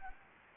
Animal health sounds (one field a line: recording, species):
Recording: mosquito wingbeat signal from an infrared sensor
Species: Anopheles gambiae